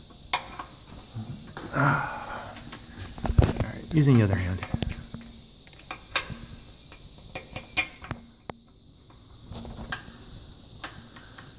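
A push-on fitting is pushed repeatedly onto its connector, one-handed, and fails to go on. Someone talks, and scattered knocks and taps from handling are heard throughout. Nothing has seated or clicked yet.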